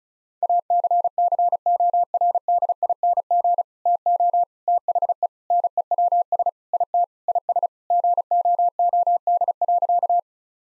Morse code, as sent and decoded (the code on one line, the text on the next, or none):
.- -.-. -.-. --- .-. -.. .. -. --. / - --- / - .... . / -. . .-- ... / .. - / .. ... / --. --- --- -.. .-.-.-
ACCORDING TO THE NEWS IT IS GOOD.